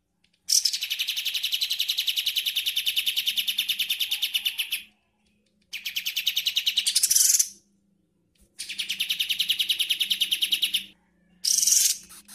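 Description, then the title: Bird song: long, rapid, buzzy trills lasting several seconds, separated by short silences, with a faint low hum beneath. "Masteran burung"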